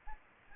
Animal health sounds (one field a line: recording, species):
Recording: mosquito wingbeat signal from an infrared sensor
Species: Aedes aegypti